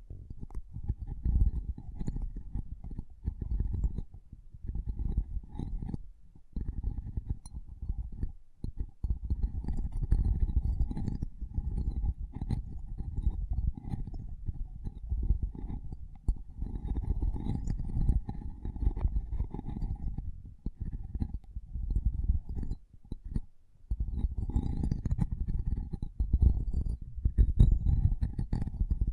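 Close, heavy tapping and scratching directly on a microphone, a dense run of low thuds and rubbing that fills nearly all of the clip. Brief gaps break it around six, eight and twenty-three seconds, and a faint ringing tone sits steadily above the scraping.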